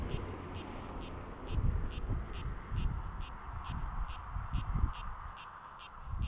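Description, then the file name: Korhaan giving harsh, rasping calls amid strong low wind rumble. Recorded at Robinson Pass. "Koranna sp Robinson Pass"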